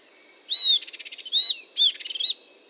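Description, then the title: Southern antpipit giving high arched whistles, each followed by a fast series of pulsed notes, over a quiet background. "LuckyPassaro Completos2Sama. Southern Antpipit (Corythopis delalandi)"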